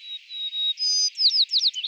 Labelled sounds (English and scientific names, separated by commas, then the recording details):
White-crowned Sparrow (Zonotrichia leucophrys) song
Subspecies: nuttalli
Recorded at Carmel, California, in 2014
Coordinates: 36.533, -121.927
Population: south
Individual CARM_maleA